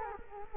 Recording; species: mosquito wingbeat signal from an infrared sensor; Culex quinquefasciatus